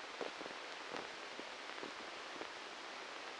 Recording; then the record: brain microelectrode recording played as sound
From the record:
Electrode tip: inside the subthalamic nucleus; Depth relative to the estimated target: 0 mm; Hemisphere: left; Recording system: NeuroSet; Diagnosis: Parkinson's disease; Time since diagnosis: 13 years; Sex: male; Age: 63 years